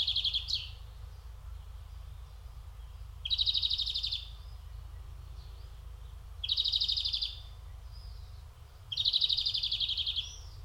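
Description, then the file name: European greenfinch uttering drawn-out rasping wheezes, four buzzy notes at irregular intervals with a few soft chirps between, steady low-frequency noise beneath. "Chloris chloris"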